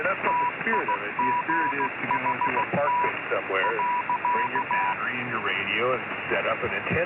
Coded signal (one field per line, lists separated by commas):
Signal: Morse code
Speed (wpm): 16 wpm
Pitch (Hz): 980 Hz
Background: speech, radio noise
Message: TIGHT .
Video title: ILLEGAL RADIO